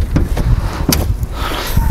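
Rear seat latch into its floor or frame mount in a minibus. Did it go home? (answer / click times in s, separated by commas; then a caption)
yes / 0.9 s. A rear seat in a used minibus is folded down until its metal latch locks into its floor or frame mount. A few dull knocks lead up to one loud, sharp metallic hit at 0.9 s as the seat latches in place. A low background rumble runs throughout.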